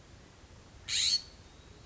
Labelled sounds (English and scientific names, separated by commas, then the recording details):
California Scrub-Jay (Aphelocoma californica)
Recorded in Sonoma County, California